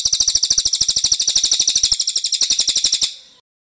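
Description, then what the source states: Bird song made of fast, evenly repeated high chirps, about three seconds long, fading out abruptly at the end. Birdsong for masteran training.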